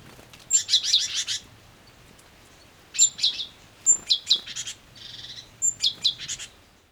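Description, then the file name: Great tit calling: a thin high note, then a rapid burst of harsh, buzzy chattering notes, repeated in four bursts over about seven seconds. "Parus major"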